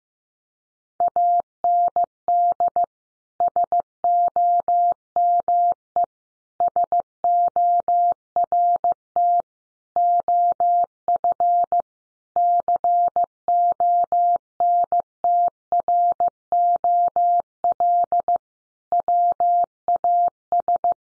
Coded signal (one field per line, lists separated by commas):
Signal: Morse code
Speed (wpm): 15 wpm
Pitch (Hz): 700 Hz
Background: none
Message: AND SOME SORT OF CONTROL WAS